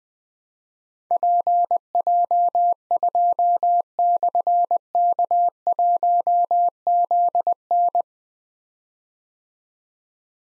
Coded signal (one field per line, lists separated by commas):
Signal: Morse code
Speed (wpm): 20 wpm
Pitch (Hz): 700 Hz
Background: none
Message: PJ2/K1ZN